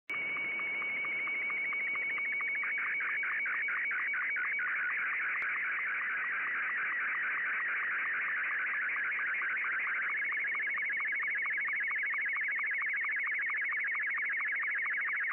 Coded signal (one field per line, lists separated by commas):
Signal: SSTV (slow-scan television)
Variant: Martin 2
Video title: Disable Volume / SSTV decoding on 20m / SDR Play 1 and G5RV 10-80m dipole antenna